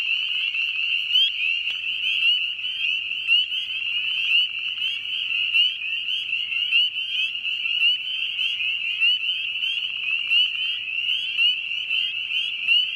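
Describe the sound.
Spring peeper chorus, a constant shrill trilling mass of short rising whistled peeps, many frogs calling at once without pause throughout.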